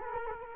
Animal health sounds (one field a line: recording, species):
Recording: mosquito wingbeat signal from an infrared sensor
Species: Culex quinquefasciatus